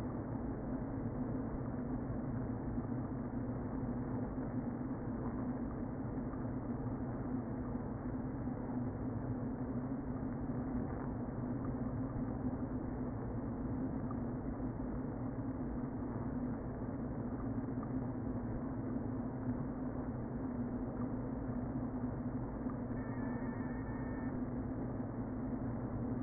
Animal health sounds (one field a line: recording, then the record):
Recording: honeybee colony, microphone inside the hive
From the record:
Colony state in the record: queen present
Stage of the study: before two queens were removed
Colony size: about 60,000 bees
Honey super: yes